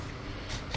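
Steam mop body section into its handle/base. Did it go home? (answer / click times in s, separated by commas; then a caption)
yes / 0.8 s. A reassembled Shark Steam & Scrub steam mop body section is slid into its handle/base over a steady sliding noise, and it clicks home at 0.8 s. The mop is seated and back together.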